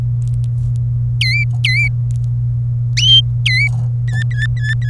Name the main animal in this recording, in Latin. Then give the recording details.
Serinus canaria. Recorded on 27 April 2018 at 13:05. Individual llb3